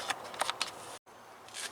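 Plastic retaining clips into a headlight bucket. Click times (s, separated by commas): 0.4 s, 0.6 s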